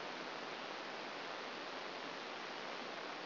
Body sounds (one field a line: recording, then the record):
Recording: brain microelectrode recording played as sound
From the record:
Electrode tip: outside the subthalamic nucleus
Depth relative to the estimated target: 3 mm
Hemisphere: right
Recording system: AlphaMap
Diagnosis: Parkinson's disease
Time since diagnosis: 11 years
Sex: female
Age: 60 years